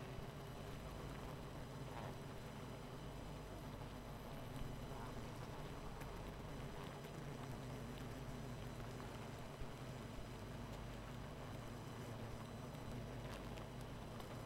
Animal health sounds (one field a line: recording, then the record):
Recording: honeybee colony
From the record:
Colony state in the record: missing queen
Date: 14 July 2017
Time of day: 23:19